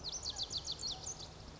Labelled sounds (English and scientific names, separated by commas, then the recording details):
Lazuli Bunting (Passerina amoena)
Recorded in Sonoma County, California